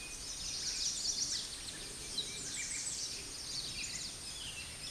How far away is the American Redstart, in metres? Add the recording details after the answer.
about 40 m. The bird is about 15 m above the microphone. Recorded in a Pennsylvania forest on 16 May 2024 at 09:57. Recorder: AudioMoth, point MSD-2367. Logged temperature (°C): 16.0 °C. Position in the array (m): 105 m, 237 m